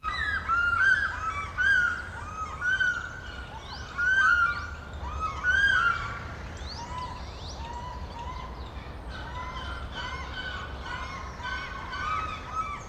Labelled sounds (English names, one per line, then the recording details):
African Fish-eagle
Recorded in captivity
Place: Zoo Berlin, Berlin, DE
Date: 1994-02-11 11:14
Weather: Bedeckt, 4°C
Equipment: Marantz CP 130, Sennheiser ME 80, Kopie Uher Variocord 263
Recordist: Tembrock, Günter